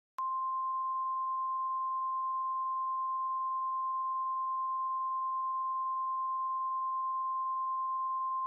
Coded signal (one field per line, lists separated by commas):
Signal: Emergency Alert System (SAME) tones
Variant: 1050 Hz attention tone